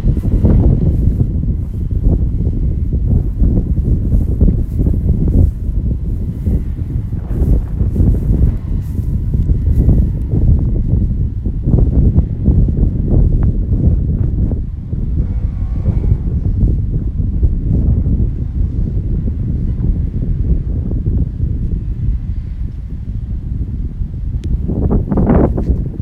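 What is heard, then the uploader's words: Strong wind roars steadily, a dense low rumble with gusty buffeting against the microphone throughout. Brief brighter rattles and flutters come in the first ten seconds, and a sharp rising gust peaks near the end around 25 seconds. The Sounds of Wind.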